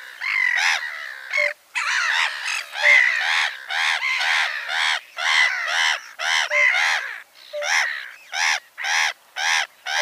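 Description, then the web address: Black-headed Gull giving harsh, grating screams and squawks in dense bursts with brief gaps. "Schulze Peter Black-headed Gull"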